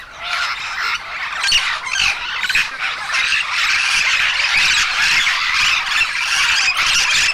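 Yellow-shouldered amazon: yellow-shouldered parrot calls, a dense chorus of raspy squeals and squawks from many birds, steady and loud throughout.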